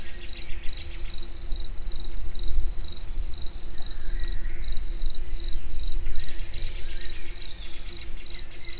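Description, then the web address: Cricket producing a fast, steady series of high chirps, with low rumbling noise and a constant hum in the background. Recorded outdoors in nature at the Eger tourist house. "allathangok termeszetben tucsok munkazaj esbagolyis egerturistahaz"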